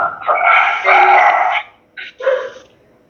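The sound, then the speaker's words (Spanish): A dog lets out a long, drawn-out howling bark, then two short, sharp barks after a brief pause, with no one speaking. “Pero, sí, por favor, cumple el que tenga el perro.”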